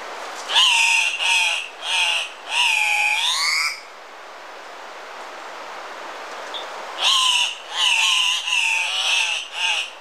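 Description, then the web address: Andean cock-of-the-rock giving harsh, nasal squawks in a quick series, one drawn-out rising call, then a pause of about three seconds before another burst of squawks. Ecuador. "Birds of Ecuador. Andean Cock-of-the-rock"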